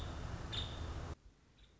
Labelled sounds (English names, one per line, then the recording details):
Nuttall's Woodpecker
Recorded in Sonoma County, California